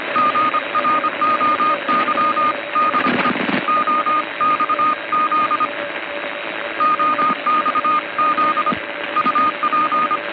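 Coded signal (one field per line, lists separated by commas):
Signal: Morse code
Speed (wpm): 25 wpm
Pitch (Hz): 1230 Hz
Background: radio noise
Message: GROYDE OXZ OXZ UP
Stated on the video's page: Recordings of 500 kHz maritime Morse traffic from coast and ship stations in Europe, summer 1974.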